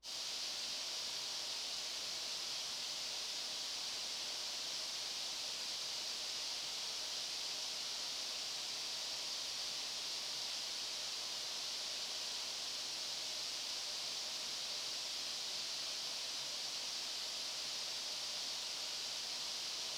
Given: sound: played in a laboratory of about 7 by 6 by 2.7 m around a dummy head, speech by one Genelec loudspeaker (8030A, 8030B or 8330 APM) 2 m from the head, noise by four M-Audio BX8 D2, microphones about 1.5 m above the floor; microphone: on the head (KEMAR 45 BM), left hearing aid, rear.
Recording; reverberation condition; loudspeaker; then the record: white noise; high; four, about 170 cm from the corners of the room and facing them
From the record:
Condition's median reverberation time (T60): about 1300 ms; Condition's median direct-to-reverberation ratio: about -4.0 dB